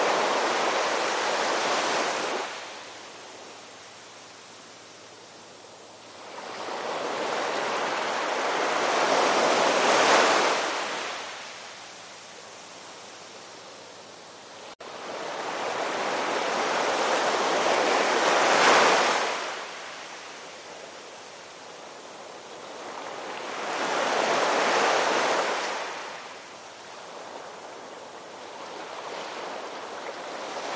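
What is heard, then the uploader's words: Ocean waves wash in and out in a slow, regular rhythm, each surge building to a full, hissing roar before easing back into a softer rush. Peaks arrive roughly every five to eight seconds, bright, with a faint low hum underneath. Ocean Waves.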